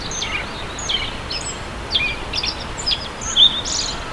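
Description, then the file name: Masked bunting giving sharp, high tsip notes about every half second, against a constant noisy hiss. "aoji"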